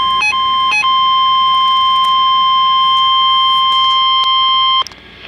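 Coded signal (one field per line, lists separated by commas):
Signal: Emergency Alert System (SAME) tones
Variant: 1050 Hz attention tone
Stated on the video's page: Severe thunderstorm warning SAME tones from NOAA weather radio station serving Milwaukee, Wisconsin.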